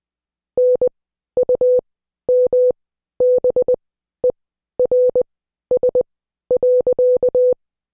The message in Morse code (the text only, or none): NUMBERS.